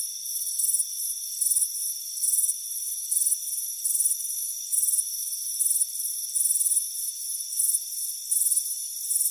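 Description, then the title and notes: Cricket chirping in short high pulsed bursts at a steady pace over a steady high insect drone with faint ringing tones beneath. Soothing chirping. "Soothing Crickets Chirping Sound. It's a warm afternoon as you relax in a hammock on the front porch. Deep Sleep Sounds"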